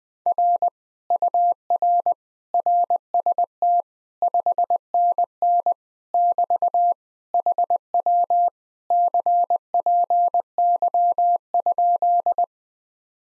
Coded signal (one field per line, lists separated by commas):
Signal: Morse code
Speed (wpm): 20 wpm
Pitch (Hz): 700 Hz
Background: none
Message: R UR RST 5NN <BT> HW CPY?